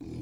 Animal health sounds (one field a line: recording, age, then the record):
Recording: pig call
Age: weaner (32 to 43 days)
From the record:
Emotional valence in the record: negative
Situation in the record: negative conditioning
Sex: female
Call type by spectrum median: low-frequency call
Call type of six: low-frequency stable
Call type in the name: low-frequency stable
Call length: 0.22 s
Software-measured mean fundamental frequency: 41 Hz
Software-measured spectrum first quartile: 128 Hz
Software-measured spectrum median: 241 Hz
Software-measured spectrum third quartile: 364 Hz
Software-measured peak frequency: 309 Hz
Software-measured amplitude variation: 98 dB a second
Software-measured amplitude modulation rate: 24.8 a second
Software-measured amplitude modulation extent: 4.0 dB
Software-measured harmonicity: 0.6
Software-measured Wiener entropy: 0.08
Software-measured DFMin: 1136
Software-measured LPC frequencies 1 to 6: 303, 2367, 3578, 4295, 5012, 5895 Hz